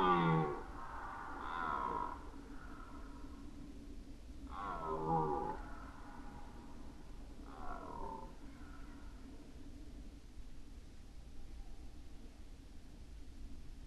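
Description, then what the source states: Red deer uttering a series of short grunting roars, several bursts spread throughout, fading toward the end, then quiet background. Red deer roaring during the rut, 2011.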